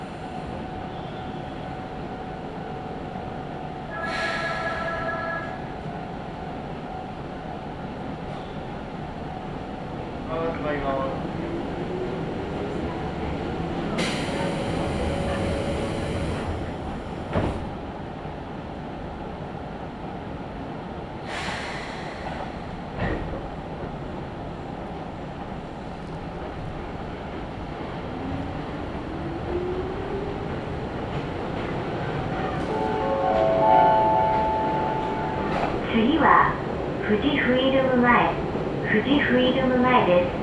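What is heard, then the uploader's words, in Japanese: A ride on the Izuhakone Railway Daiyuzan Line from Odawara toward Daiyuzan, with a steady low rumble throughout. Motor whines climb in pitch around ten and thirty seconds, short bright bursts come near 4, 15 and 22 seconds, and shrill wheel squeals fill the last few seconds. 伊豆箱根鉄道 大雄山線 小田原→大雄山。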